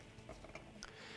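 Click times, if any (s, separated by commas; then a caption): 0.6 s, 0.8 s. A plastic fuel pump assembly on an ATV is pressed down past its retainer in the tank, and its two tabs are pushed in until it pops into place. Faint handling noise leads to two short, sharp clicks at 0.6 s and 0.8 s as the pump seats in the retainer.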